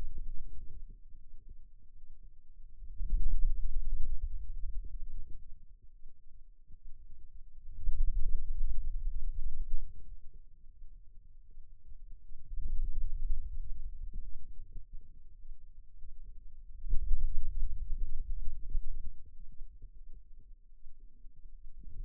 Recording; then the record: forearm muscle sounds (acoustic myography)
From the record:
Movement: finger pinch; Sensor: system 2, bracelet of six BSWA MPA416 microphones around the upper forearm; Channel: 1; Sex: male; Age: 22 years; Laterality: right